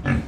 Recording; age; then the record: pig call; growing-finishing pig (85 days or more)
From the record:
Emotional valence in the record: negative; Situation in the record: barren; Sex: female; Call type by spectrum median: low-frequency call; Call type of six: low-frequency stable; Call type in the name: low-frequency stable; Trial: 1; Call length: 0.28 s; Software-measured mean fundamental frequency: 44 Hz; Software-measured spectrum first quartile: 157 Hz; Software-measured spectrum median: 326 Hz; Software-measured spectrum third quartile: 1389 Hz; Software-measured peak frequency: 125 Hz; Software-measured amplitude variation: 168 dB a second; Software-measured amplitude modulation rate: 24.7 a second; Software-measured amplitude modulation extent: 6.8 dB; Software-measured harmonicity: 0.1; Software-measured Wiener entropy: -2.10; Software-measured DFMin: 796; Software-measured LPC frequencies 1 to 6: 1692, 2429, 3562, 5880, 7394, 8206 Hz